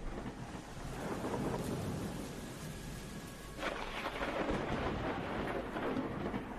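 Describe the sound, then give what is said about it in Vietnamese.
Heavy rain pours outdoors in a steady hiss while deep thunder rumbles and rolls underneath, swelling again partway through, with no voices. “Ở ngoài trời sấm sét mưa gió cứ đùng đoàng.”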